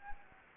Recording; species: mosquito wingbeat signal from an infrared sensor; Anopheles gambiae